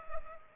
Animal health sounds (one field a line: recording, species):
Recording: mosquito wingbeat signal from an infrared sensor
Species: Culex pipiens